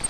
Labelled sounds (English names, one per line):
Grace's Warbler flight call